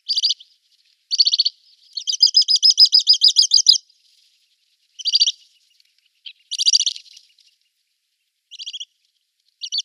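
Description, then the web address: Little stint giving high buzzy trilled bursts in short separated bouts, with one longer rapid rattling series early on. Male little stint in display flight. "Schulze Peter Little Stint"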